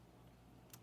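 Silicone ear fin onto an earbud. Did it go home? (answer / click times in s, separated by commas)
yes / 0.7 s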